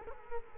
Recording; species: mosquito wingbeat signal from an infrared sensor; Culex quinquefasciatus